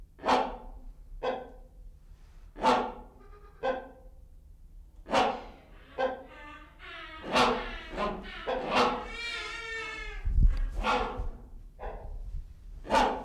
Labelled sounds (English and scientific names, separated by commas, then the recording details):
Malabar Pied Hornbill (Anthracoceros coronatus)
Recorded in captivity
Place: Zoo Berlin, Berlin, DE
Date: 1995-01-14 11:11
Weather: heiter bis wolkig, -1°C
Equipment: Marantz CP 430, Sennheiser ME 80, Kopie Uher Variocord 263
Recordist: Tembrock, Günter